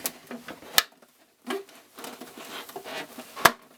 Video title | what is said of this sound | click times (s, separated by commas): Maxi Swatch, mounting a new clockwork | there's a click and that's it and that's you done basically uh | 3.5 s